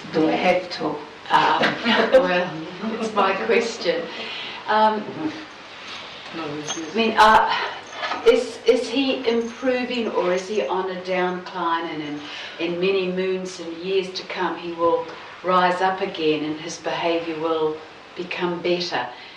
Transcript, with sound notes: Do I have to! (People laugh as Songee appears to be looking at humanity.) It's my question um,I mean - is he improving or is he on a downcline, in many moons and years to come will rise up again in his behaviour will become better.